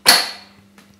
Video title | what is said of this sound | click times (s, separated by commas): A spotlessly Clean Floor With The Vax Floormate Freedom & Miele Hybrid | I'm just going to locate the lower part of the tank in first and click | 0.1 s